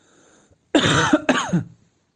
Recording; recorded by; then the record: voluntary cough; messaging app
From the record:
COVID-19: positive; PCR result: self-reported